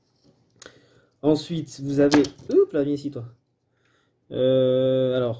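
While a Samsung Galaxy Note 4 is taken apart, the small plastic latch tab on a flex cable connector inside the phone is gently worked and clicks open. A faint tick at 0.5 s leads into a small, sharp click at 0.6 s as the latch releases, and the tabs are then lifted up. Someone talks for most of the clip, and a sustained tonal sound follows near the end.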